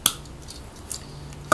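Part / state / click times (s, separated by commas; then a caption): plastic toy part into its joint on the transforming figure / seated / 0.1 s, 0.9 s, 1.5 s. Plastic parts of a transforming robot toy are folded into position and lock into their joints during the transformation, giving sharp plastic clicks at 0.1, 0.9 and 1.5 seconds. Fainter ticks fall between them over a low steady background. Everything engages well and the parts are seated.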